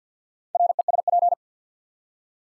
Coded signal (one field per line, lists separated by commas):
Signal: Morse code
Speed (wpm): 50 wpm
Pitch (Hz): 700 Hz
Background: none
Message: RESP